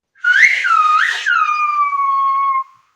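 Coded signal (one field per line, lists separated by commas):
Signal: whistled language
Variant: Silbo Gomero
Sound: one continuous whistle rising and falling twice, then a long slowly falling tail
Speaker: can you give us some examples of that whistle and maybe some things that you've learned to say so far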